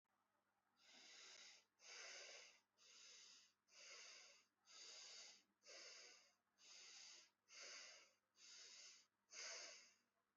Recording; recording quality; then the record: shallow breathing; excellent, no background noise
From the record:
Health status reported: healthy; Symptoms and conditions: none ticked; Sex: female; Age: 18 years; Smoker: not ticked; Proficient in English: yes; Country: India